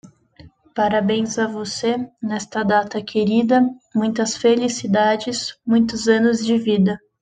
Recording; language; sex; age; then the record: short text; Brazilian Portuguese; female; 20 to 29 years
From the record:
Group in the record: control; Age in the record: 26 years